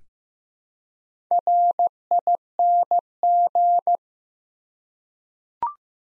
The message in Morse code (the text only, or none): RING